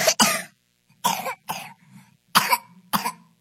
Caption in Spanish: Tos intensa, se le conoce como tos coqueluchoide. Popularmente se dice que la tos es como una tos perruna. No es una tos cualquiera. Puede provocar pausas en la respiración, conocidas como apneas, y en casos graves derivar en neumonía, convulsiones o incluso daño cerebral por falta de oxígeno. La tosferina sí puede ser letal.